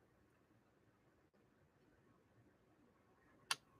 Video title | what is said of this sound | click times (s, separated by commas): Sexy & Strong...Meet Donna's "Rocketeer," a 1962 Singer 500A the 6th in the Slantamatic Series!! | and you just heard it click into place | 3.5 s